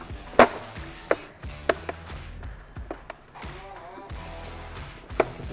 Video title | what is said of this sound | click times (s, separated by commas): 2017-2022 Ford Super Duty LED Off Road Side Mirror Ditch Lights DIY Installation by ORACLE Lighting | this all snapped back in | 0.4 s, 1.1 s, 1.7 s, 5.2 s